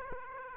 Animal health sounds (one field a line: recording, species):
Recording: mosquito wingbeat signal from an infrared sensor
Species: Aedes aegypti